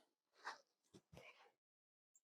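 After the gas cap is tightened, a small black plastic fuel filler door tab on the cab body panel of a mini truck is handled as it is pushed toward closed. Soft rustling handling noise is broken by two short low thumps near 0.9 and 1.2 seconds, then a faint high tick near 2.2 seconds. The tab has not seated or clicked yet.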